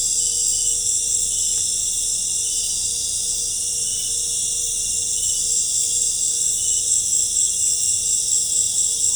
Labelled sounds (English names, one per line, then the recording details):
none
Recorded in pastures near Puerto Asís, Putumayo, Colombia, on 26 December 2024 at 18:30
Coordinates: 0.496, -76.326
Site G004